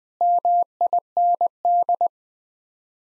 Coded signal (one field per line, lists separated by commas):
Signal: Morse code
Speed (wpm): 20 wpm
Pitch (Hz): 700 Hz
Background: none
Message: MIND